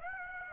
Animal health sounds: mosquito wingbeat signal from an infrared sensor; Aedes aegypti

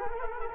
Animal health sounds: mosquito wingbeat signal from an infrared sensor; Culex quinquefasciatus

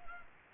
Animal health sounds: mosquito wingbeat signal from an infrared sensor; Culex pipiens

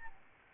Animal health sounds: mosquito wingbeat signal from an infrared sensor; Aedes albopictus

